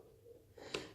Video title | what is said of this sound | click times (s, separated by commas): TST Industries Fender Eliminator Installation 2018 ZX6R | you hear the pop you grab this I already pulled it up will you grab this and push towards you and | 0.8 s